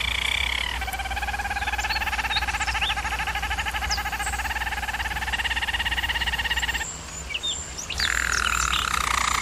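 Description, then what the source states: German Roller canary: even, buzzy trill with stacked harmonics held for about six seconds, a short lull, then a higher rolling phrase resumes. German Roller canary singing, for canary training.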